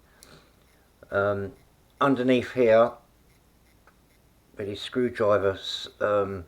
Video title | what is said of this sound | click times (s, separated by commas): DARWINFPV FOLDAPE4 UNBOXING AND FLIGHT TEST | lock into place. You'll hear a little click | 0.2 s